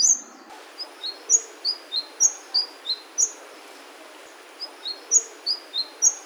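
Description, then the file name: Sunbird singing a series of high, thin, downslurred whistles, with a short pause before the phrase resumes over light hiss. "suara kicauan burung madu matari. omkicau"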